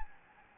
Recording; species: mosquito wingbeat signal from an infrared sensor; Anopheles gambiae